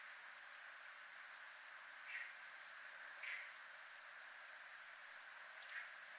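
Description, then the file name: Cricket trilling: a steady high pulsing trill runs throughout, with a few soft hissy bursts. Recorded in a military zone. "zona militar crickets"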